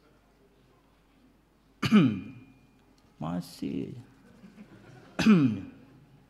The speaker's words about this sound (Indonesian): Batuk, minum obat.